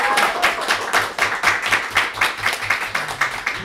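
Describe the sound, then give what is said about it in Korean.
A crowd applauds to welcome Kim Myung-hwan, former chairman of the Korean Confederation of Trade Unions, to a lecture at the 6th Progressive Workers' School: many hands clapping in a dense, even patter that holds at a fairly loud level throughout, with no voices over it. “네, 우리 김명환 전 위원장님 힘차게 박수로 모시겠습니다.”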